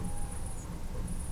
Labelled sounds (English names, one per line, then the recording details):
European Robin
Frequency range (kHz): European Robin 6.6-8.4 kHz
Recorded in France